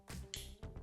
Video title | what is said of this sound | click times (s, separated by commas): DIY Tesla Wiper Replacement That Actually Works | yeah it does click right in that's cool not that hard to do | 0.3 s